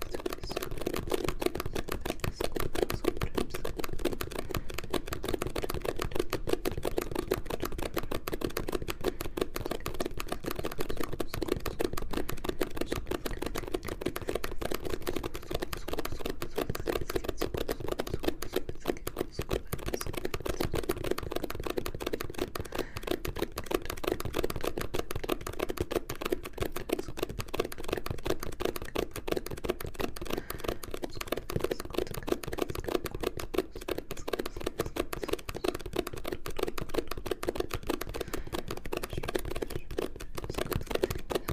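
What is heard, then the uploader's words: Crackly mouth sounds mix with a dense run of light, sticky tapping that goes on without pause for the full length. The clicks are quick and irregular over a soft low-mid murmur, and the level stays even throughout. ASMR Mouth Sounds and Sticky Tapping.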